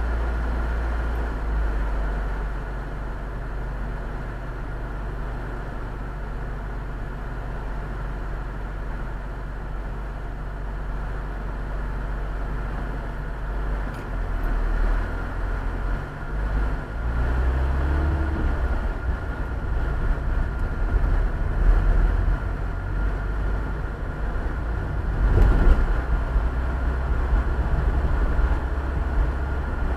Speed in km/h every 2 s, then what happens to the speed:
0, 2, 0, 0, 0, 0, 0, 5, 12, 15, 16, 24, 29, 34, 36.
0-13 standing. 13-30 pulls away to 36.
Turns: none.